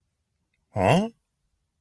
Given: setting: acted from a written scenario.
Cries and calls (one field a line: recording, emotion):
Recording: vocal sound without words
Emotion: negative surprise